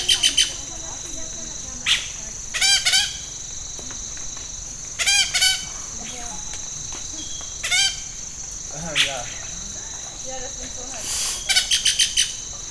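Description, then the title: Yellow-rumped cacique song: rapid staccato rattles and clipped chattering bursts repeated every couple of seconds, over a continuous high-pitched insect buzz. In Amacayacu National Natural Park, Amazonas, Colombia; mimics other birds, frogs and even the sound of a machete being sharpened. "Parque Nacional Natural Amacayacu, Amazonas, Colombia - Pájaro Arrendajo"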